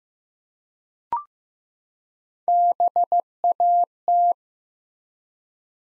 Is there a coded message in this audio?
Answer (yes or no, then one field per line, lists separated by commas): yes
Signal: Morse code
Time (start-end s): 2.5-4.3 s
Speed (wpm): 15 wpm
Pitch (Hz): 700 Hz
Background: none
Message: BAT